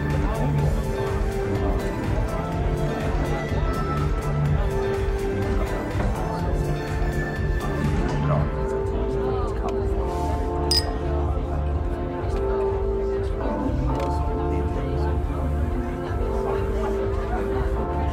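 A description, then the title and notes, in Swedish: Murmuring bar sounds: a dense, steady blend of many overlapping voices with no single speaker standing out. Low hum and faint tones sit underneath throughout, and a sharp bright clink, like glass or cutlery, cuts through at about eleven seconds. Baren. En timme sorlande barljud.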